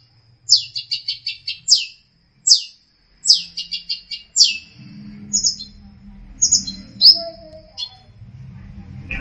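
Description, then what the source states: Long-tailed shrike song of descending buzzy trills and rattles in short bursts, followed by scattered chips over background hum. Master song for training songbirds.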